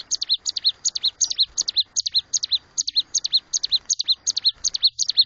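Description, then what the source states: Bird song of rapid, repeated high chirps, each a sharp downward-sweeping note with a quick follow-up, delivered in a steady fast stream. Masteran training songs used to teach cage birds.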